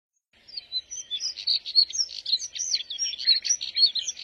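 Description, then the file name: Moussier's redstart song: a dense, hurried, scratchy high warble delivered without a break for about four seconds. "Canto do Redstart de Moussier"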